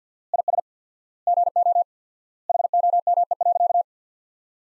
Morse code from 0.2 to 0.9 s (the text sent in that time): IS